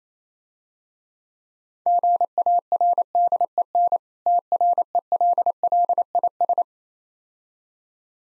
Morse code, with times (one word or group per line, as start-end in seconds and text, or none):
1.9-4.0 GARDEN
4.3-6.6 TRELLIS